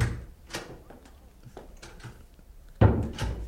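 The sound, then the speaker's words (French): A door opens with a few light clicks and rattles, then swings shut with a loud, heavy thud followed by a brief rumbling settle. “Un bon bruit de porte.”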